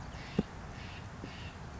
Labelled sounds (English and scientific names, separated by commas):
Steller's Jay (Cyanocitta stelleri)